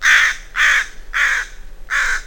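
Crow cawing: four harsh, hoarse caws, each about a third of a second long, with no other sounds.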